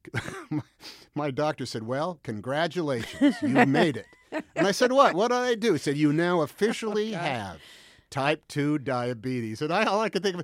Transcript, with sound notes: my doctor said, well, congratulations. You made it.
(Laughter).
And I said what? What did I do? He said you now officially have type 2 diabetes.